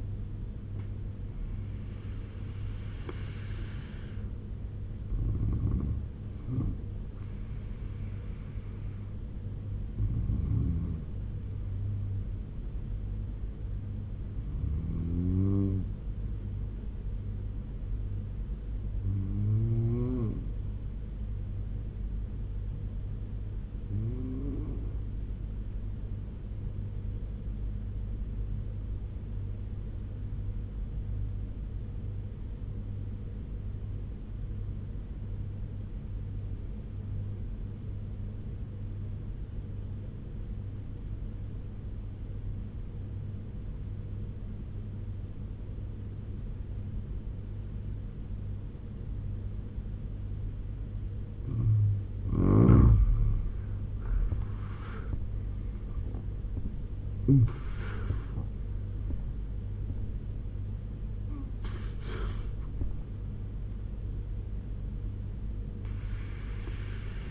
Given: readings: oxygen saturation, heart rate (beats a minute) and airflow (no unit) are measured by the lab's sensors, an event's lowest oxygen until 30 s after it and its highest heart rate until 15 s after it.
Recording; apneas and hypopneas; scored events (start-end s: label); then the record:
breathing in sleep by a smartphone at the bedside; 1
4.00-34.00 s: new sleep stage, N1 (lightest sleep)
28.00-54.90 s: obstructive apnea (N1, oxygen 95% highest, then 85% lowest, heart rate 76 at the start, 89 highest)
34.00-64.00 s: new sleep stage, N2 (light sleep)
64.00-67.31 s: new sleep stage, N1 (lightest sleep)
From the record:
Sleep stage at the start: N2 (light sleep); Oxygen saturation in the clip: 86 to 97%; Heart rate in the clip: 72 to 89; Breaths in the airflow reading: 9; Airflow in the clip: -8.3 to 11.2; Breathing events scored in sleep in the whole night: 201 in 6.5 hours asleep